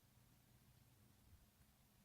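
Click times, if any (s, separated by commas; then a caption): none. The quick-release spring bar of a leather replacement band is handled against the lug of a Gear S3 smartwatch case. Only faint, steady low hiss and low rumble are heard, with no distinct click. The spring bar has not snapped into the lug yet; nothing has seated.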